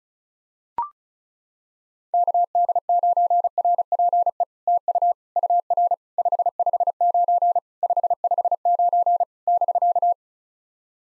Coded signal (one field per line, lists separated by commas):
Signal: Morse code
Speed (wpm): 36 wpm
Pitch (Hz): 700 Hz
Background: none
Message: KD9RPE TU UR 559 559 <BK>